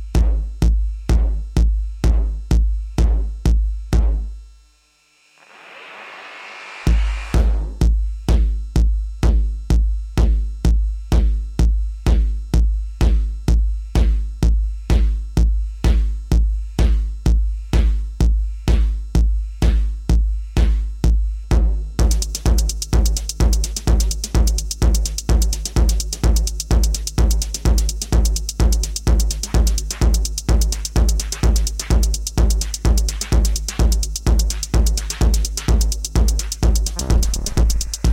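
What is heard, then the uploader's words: Pounding distorted electronic beat with heavy bass hits, a brief dropout near five seconds, then a bright hissing noise layer joining around twenty-two seconds. Lots of distortion and noise.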